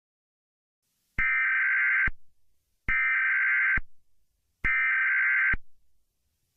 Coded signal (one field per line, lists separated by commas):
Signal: Emergency Alert System (SAME) tones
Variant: header bursts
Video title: Eas Scenario 008 - The End of The World